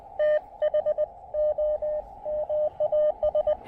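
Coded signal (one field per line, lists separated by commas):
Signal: Morse code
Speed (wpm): 21 wpm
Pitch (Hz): 600 Hz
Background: radio noise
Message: THOMAS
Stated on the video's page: Speedy QRP CW park activation using an Elecraft KX2 with AX1 antenna.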